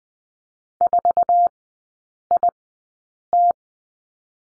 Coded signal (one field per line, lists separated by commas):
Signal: Morse code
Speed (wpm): 20 wpm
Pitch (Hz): 700 Hz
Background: none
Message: 4IT